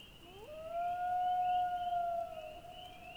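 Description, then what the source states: Common loon wail, one long mournful note sliding upward, held steady, then fading, with a second call beginning at the end. Loons in the Boundary Waters.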